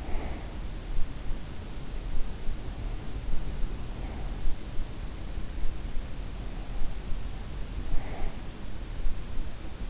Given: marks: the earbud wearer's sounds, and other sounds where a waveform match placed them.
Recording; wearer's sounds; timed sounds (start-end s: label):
sounds in sleep by an in-ear microphone; breath
0.00-0.57 s: breath